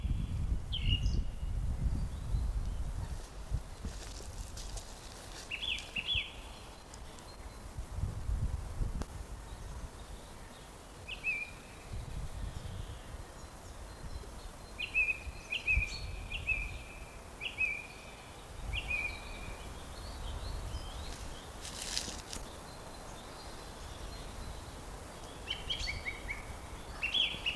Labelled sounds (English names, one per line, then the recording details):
Song Thrush
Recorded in the wild
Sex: male
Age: adult
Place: Blankenfelde, Tegeler Fließ, Berlin, DE
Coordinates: 52.625, 13.404
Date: 1992-04-11 10:30
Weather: heiter, 14°C, Wind
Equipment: Nagra SN, Mikrofon AKG CK 8, Kopie Tesla B 116
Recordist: Tembrock, Günter